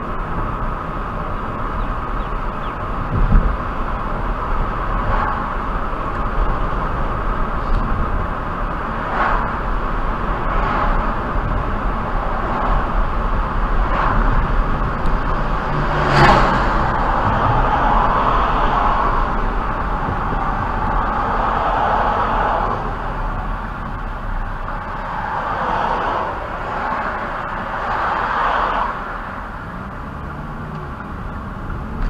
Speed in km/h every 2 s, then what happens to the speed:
53, 55, 55, 55, 53, 52, 50, 48, 47, 44, 35, 26, 18, 10, 8, 16.
0-6 steady at about 55. 6-27 slows to 8. 27-32 speeds up to 16.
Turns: 26-32.